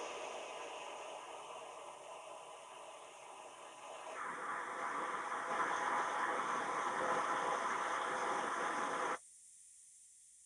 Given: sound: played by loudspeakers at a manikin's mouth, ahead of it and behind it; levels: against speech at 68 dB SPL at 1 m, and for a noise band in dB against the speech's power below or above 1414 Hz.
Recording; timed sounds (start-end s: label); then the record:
test signals for a remote microphone
0.00-4.14 s: speech-spectrum noise from ahead, +10 dB
4.14-9.14 s: speech-spectrum noise from behind, +10 dB
From the record:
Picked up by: remote microphone C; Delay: 23 ms